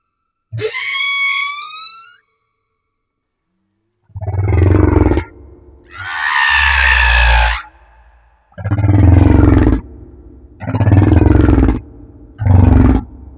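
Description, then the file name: Humpback whale song: a high rising harmonic whoop, then a rasping pulsed grunt, a broad roar and three more grunts, with short gaps between. Recorded off Madagascar. "Humpback Whale - Madagascar Whale One"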